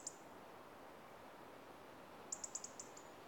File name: Erithacus rubecula - European Robin